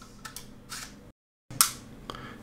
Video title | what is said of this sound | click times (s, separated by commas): Camera Helicopter DRONE Expedition KY202 Low Budget Drohne mit Kamera Hinderniserkennung UNBOXING | der rastet ein | 1.6 s